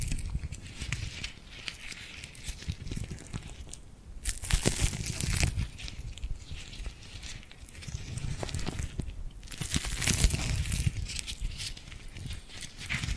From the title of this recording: Tingly Glued Hand Sounds